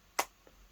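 A plastic cap is pressed onto a Lattafa Qaa'Ed perfume bottle and snaps into place with a sharp, bright click at 0.2 s, followed by a much fainter tick near 0.5 s. The cap seats with a working click mechanism, though the click is not very strong.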